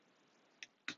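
A matching plastic brick is pressed onto the other side of a LEGO 31134 brick-built Space Shuttle. Over a faint, steady background hiss, two short, bright ticks sound at 0.6 s and 0.9 s, the second louder and fuller. The brick attaches but without a crisp snap, and the fit is accepted anyway.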